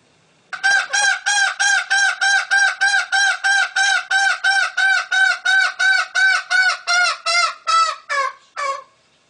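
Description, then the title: Green junglefowl hen repeating nasal, honking clucks about three times a second for eight seconds, steady and even, slowing slightly and dropping in pitch at the end. Female. "Suara Ayam Hutan Betina. suara ayam hutan hijau"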